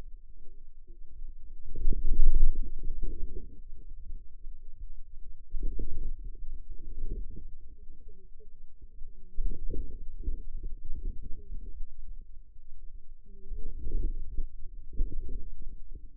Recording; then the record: forearm muscle sounds (acoustic myography)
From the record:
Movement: outward rotation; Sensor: system 2, bracelet of six BSWA MPA416 microphones around the upper forearm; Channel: 5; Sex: female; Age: 21 years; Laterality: right